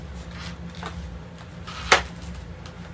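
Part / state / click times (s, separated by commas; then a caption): plastic latch fingers joining two pieces of a foam RC airplane / seated / 1.9 s. Two foam (EPO) pieces of an XK A1200 RC trainer airplane are pushed together until their plastic latch fingers snap into each other, joining the wing halves. Over a low steady hum, faint ticks and rustles lead to one sharp, loud, solid click at 1.9 s, followed by a few quieter ticks. The wing halves are latched and seated.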